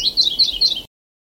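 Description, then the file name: Sulawesi leaf warbler song: a quick run of high, thin, sweet notes, with brighter accented chirps roughly every fifth of a second. "kicauan cikrak sulawesi. omkicau"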